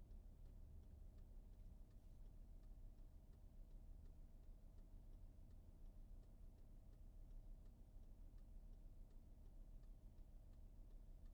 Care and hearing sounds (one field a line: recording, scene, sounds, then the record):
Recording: everyday scene through a hearing-aid microphone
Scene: in a vehicle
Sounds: engine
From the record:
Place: VW T5 Caravelle, diesel engine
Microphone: behind the ear, right, front